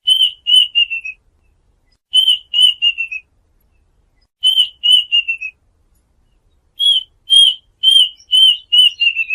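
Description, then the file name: Duck whistled calls in repeated groups of four or five descending notes, with a longer final run of whistles. Call used to lure ducks. "tieng chim goi vit"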